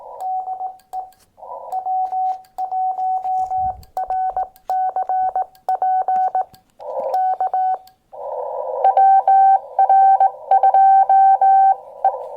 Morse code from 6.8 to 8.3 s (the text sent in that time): K